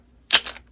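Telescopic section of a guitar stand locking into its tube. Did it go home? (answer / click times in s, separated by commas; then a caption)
yes / 0.3 s. The telescopic section of a Salvori GS-209 guitar stand is pushed into its tube and locks in place with one loud, bright snap at 0.3 s. A few fainter rattling clicks follow around 0.5 to 0.6 s, and then the clip goes quiet. The section is seated and locked.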